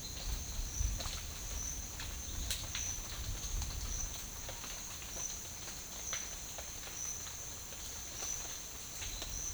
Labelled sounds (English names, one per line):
none